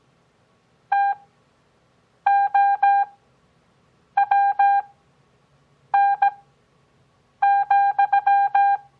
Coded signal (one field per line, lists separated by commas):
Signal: Morse code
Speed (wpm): 17 wpm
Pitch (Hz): 800 Hz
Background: none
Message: TOWN,